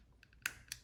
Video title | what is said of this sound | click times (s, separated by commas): Philips HUE Bulbs and Dimmer Switch Setup and Review (No Hub) | get it fully clicked into place | 0.5 s, 0.7 s